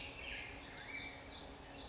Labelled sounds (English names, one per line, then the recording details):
Black-headed Grosbeak
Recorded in Sonoma County, California